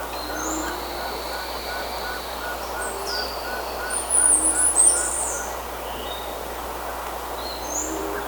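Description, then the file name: Bird calls: one loud burst of high, squeaky chattering notes in the middle, with soft drawn-out higher tones and faint repeated mid-pitched notes behind. "SABIOD 50 bird 2015"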